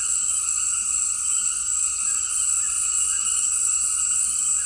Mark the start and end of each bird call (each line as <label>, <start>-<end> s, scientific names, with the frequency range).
Ramphastos tucanus (1.1-2.4 kHz), 0.00-4.66 s